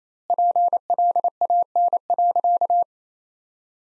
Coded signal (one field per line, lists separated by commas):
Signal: Morse code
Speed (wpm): 28 wpm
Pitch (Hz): 700 Hz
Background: none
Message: PLAN.